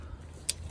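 A torque wrench set to 30 ft-lb tightens the lower brake caliper bracket bolt on the front brakes of a 2019 Ford Fusion Hybrid. A single sharp click sounds at 0.5 s over a low background hum. The wrench has clicked, confirming the bolt has reached its set torque.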